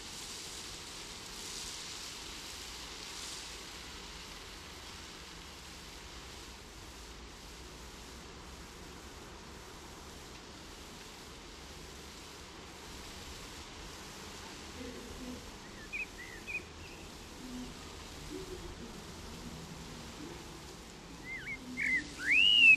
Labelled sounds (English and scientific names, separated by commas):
Common Blackbird (Turdus merula) song